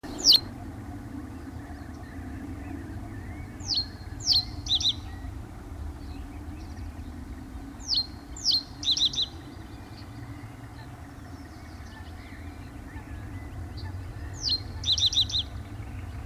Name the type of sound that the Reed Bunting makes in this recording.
song